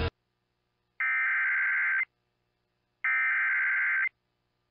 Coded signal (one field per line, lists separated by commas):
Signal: Emergency Alert System (SAME) tones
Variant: header bursts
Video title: EAS Timeline: Sioux Falls, South Dakota "Green Sky Derecho" of July 5th NOAA Weather Radio